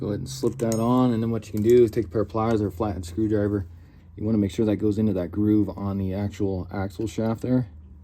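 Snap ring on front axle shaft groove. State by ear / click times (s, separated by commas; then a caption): not seated / none. A steel snap ring is slipped onto the front axle shaft of a Ford Excursion/Super Duty, to be worked into the shaft's groove with a pair of pliers or a flat screwdriver. Someone talks throughout over faint metallic handling sounds. Nothing has seated or clicked yet; the ring is not yet home when the clip ends.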